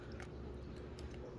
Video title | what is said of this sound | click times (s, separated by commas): blood glucose testing with keto mojo | It sits a certain way, it clicks into place. | 0.2 s, 1.0 s